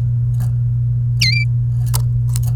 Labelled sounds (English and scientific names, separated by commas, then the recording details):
Domestic Canary (Serinus canaria) song
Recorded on 29 April 2018 at 07:35
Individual llb3